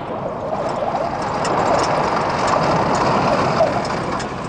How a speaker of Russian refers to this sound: Машины чекистов едут по горной дороге.